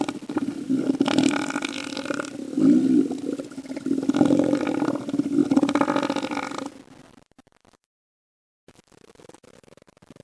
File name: southern-Elephant Seal